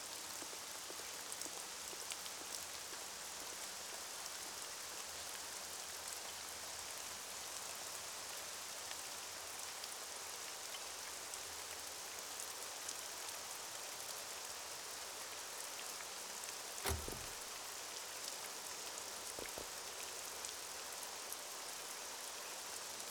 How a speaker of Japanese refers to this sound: それから一週間が過ぎ、ようやく雨が降った。